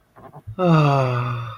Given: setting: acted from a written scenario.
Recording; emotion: vocal sound without words; romantic love